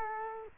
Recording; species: mosquito wingbeat signal from an infrared sensor; Culex quinquefasciatus